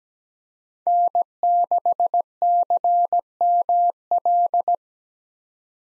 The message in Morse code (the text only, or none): N6CML